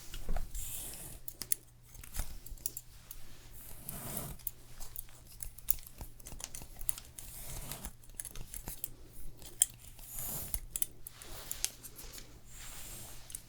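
Haircut sounds with scissors snipping and crisp crunching cuts, arriving in quick irregular bursts throughout. Louder bright swishes rise around four and ten seconds, while a steady low hum runs underneath the whole time.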